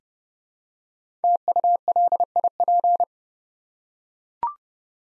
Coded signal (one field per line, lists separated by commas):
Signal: Morse code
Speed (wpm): 30 wpm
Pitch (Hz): 700 Hz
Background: none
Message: TULIP